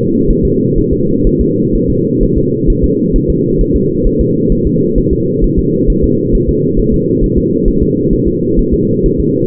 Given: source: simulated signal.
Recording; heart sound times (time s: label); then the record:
fetal heart sounds
0.31 s: S1
0.45 s: S2
0.78 s: S1
0.93 s: S2
1.27 s: S1
1.41 s: S2
1.75 s: S1
1.90 s: S2
2.23 s: S1
2.38 s: S2
2.70 s: S1
2.84 s: S2
3.16 s: S1
3.30 s: S2
3.61 s: S1
3.76 s: S2
4.07 s: S1
4.21 s: S2
4.52 s: S1
4.67 s: S2
4.98 s: S1
5.13 s: S2
5.44 s: S1
5.59 s: S2
5.90 s: S1
6.04 s: S2
6.35 s: S1
6.49 s: S2
6.80 s: S1
6.94 s: S2
7.24 s: S1
7.38 s: S2
7.68 s: S1
7.82 s: S2
8.13 s: S1
8.28 s: S2
8.59 s: S1
8.74 s: S2
9.06 s: S1
9.20 s: S2
From the record:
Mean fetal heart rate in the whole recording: 130 bpm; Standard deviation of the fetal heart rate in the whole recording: 4 bpm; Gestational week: 38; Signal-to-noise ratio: -11.2 dB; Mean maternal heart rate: 72 bpm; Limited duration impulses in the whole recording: present